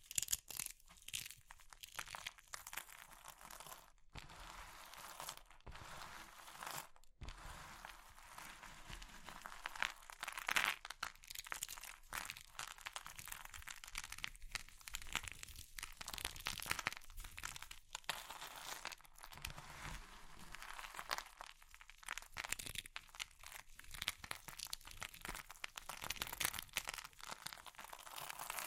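Crushing of crumbly things like soap, chalk or meringue, a dense run of bright crackling crunches with brief pauses throughout.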